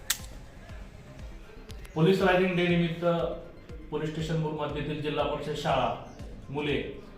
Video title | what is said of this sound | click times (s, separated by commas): शालेय विद्यार्थ्यांना पोलीस प्रशासनाचे धडे, प्रशासन कामकाज,शस्त्रांची माहिती... | पुढे सोडलं की मग असं इथं फायर होत असतं आता बघा कटना आवाज येईल तुम्हाला | 0.1 s